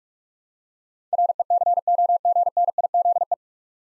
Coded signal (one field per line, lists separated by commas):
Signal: Morse code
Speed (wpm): 44 wpm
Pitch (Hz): 700 Hz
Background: none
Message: RECOGNIZE